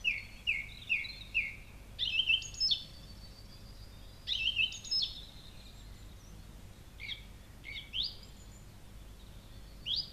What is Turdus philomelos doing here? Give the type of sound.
song